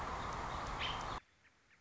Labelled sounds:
American Robin (Turdus migratorius)
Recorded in Sonoma County, California

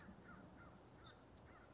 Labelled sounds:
American Crow (Corvus brachyrhynchos)
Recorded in Sonoma County, California

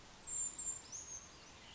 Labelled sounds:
Brown Creeper (Certhia americana)
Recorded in Sonoma County, California

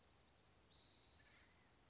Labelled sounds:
Acorn Woodpecker (Melanerpes formicivorus)
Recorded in Sonoma County, California

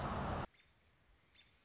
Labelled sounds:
American Robin (Turdus migratorius)
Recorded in Sonoma County, California

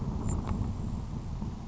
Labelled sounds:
Grasshopper Sparrow (Ammodramus savannarum)
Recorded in Sonoma County, California

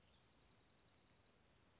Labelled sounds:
Dark-eyed Junco (Junco hyemalis)
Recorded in Sonoma County, California

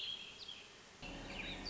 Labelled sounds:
Warbling Vireo (Vireo gilvus)
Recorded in Sonoma County, California

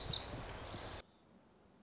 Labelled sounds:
Black-throated Gray Warbler (Setophaga nigrescens)
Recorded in Sonoma County, California

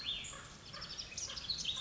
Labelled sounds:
Cassin's Vireo (Vireo cassinii)
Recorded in Sonoma County, California

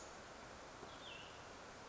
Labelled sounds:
Cassin's Vireo (Vireo cassinii)
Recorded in Sonoma County, California

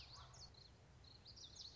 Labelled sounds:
Common Yellowthroat (Geothlypis trichas)
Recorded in Sonoma County, California

